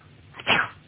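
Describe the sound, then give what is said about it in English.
One sharp, breathy sneeze bursts out in a short, moderately loud puff of noise, quickly fading into a quiet background with no talking. “Bless you.”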